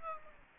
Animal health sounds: mosquito wingbeat signal from an infrared sensor; Aedes albopictus

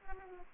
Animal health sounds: mosquito wingbeat signal from an infrared sensor; Culex pipiens

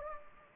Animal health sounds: mosquito wingbeat signal from an infrared sensor; Anopheles gambiae

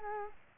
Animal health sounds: mosquito wingbeat signal from an infrared sensor; Culex quinquefasciatus

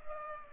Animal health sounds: mosquito wingbeat signal from an infrared sensor; Culex pipiens

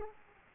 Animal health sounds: mosquito wingbeat signal from an infrared sensor; Aedes aegypti

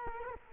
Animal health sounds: mosquito wingbeat signal from an infrared sensor; Culex quinquefasciatus

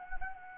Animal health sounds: mosquito wingbeat signal from an infrared sensor; Anopheles gambiae

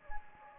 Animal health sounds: mosquito wingbeat signal from an infrared sensor; Anopheles gambiae

